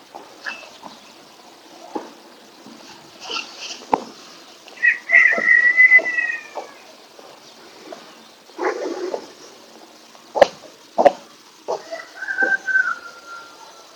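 Morning nature sounds, clear: scattered bird chirps and whistles, a few sharp clicks near ten and eleven seconds, over a quiet background.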